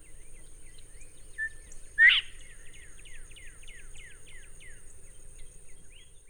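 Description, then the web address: Northern bobwhite whistling 'bob-white': a quick low note, then a loud rising whistle, followed by a series of faint, evenly repeated chirps from other birds. "chant xeno-canto colin de virginie"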